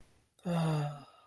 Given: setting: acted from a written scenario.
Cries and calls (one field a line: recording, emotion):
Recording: vocal sound without words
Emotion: ecstasy